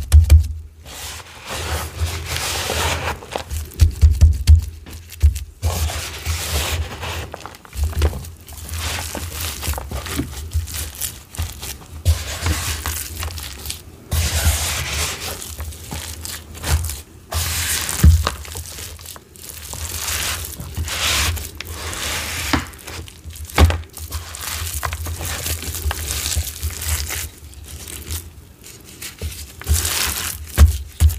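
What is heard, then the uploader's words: Dyed gym chalk is shaved in a steady run of dry, gritty scrapes and crumbly crunches, with frequent short strokes throughout. Sharper bright scratches stand out around 4, 14, 18 and 30 seconds, over a constant low hum underneath. Satisfying dyed gym chalk shaving.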